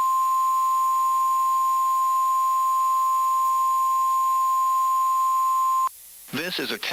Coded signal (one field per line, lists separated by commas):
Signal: Emergency Alert System (SAME) tones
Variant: 1050 Hz attention tone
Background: speech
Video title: WWG41 Required Weekly Test (4/17/24) EAS #76